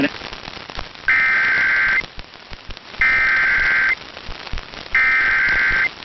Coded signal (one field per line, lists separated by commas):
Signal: Emergency Alert System (SAME) tones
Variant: header bursts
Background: speech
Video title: Two State Trouble | EAS Alerts from June 21st, 2023 (EAS #2642-2654)